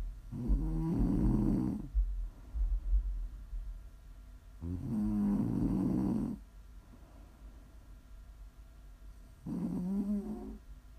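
Three loud snores from an adult during sleep, each about one and a half seconds long and roughly four and a half seconds apart, about 13 breaths a minute. Each has a low, buzzing, fluttering tone, with quieter breathing noise in the gaps. This is ordinary snoring.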